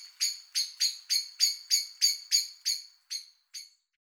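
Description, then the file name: Common blackbird calling: a rapid series of sharp, metallic chinking notes, slowing and weakening toward the end. "Merle noir"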